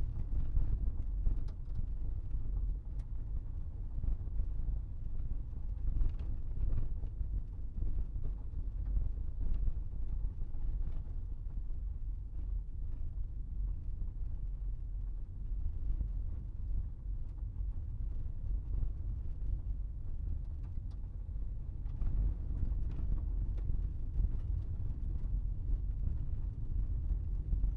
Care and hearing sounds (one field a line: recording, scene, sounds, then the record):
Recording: everyday scene through a hearing-aid microphone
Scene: in a vehicle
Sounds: engine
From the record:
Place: Berlingo II, diesel engine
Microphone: behind the ear, right, rear